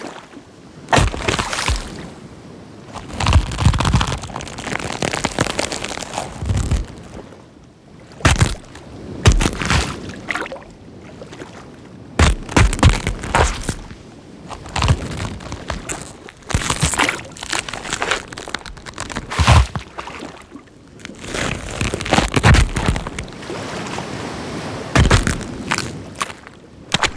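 Wet, squishy creature noises come in irregular bursts of crunching and crackling, each lasting a second or two with short quiet gaps between. The sounds are full, spanning deep thuds to bright clicks, with faint watery movement underneath throughout.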